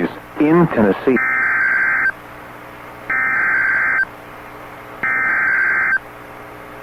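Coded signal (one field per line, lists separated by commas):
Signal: Emergency Alert System (SAME) tones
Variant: header bursts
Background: speech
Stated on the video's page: Severe thunderstorm warning tones from NOAA Weather Radio received online.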